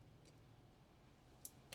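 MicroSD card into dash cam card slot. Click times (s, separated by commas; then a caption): 1.5 s. A microSD card is pushed into the spring-loaded card slot on the side of an XGODY dash cam until it latches, over a low steady hum. A sharp click at 1.5 s marks the card seating, followed by a second, slightly softer tick at 1.7 s. The card is seated.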